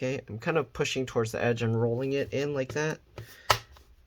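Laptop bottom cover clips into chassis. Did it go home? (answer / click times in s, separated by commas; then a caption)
yes / 3.5 s. A plastic bottom cover of a Lenovo IdeaPad L340-15API laptop is pressed down along its edge and rolled in so its clips engage the chassis while someone talks. A sharp snap at 3.5 seconds marks the cover clips seating into place.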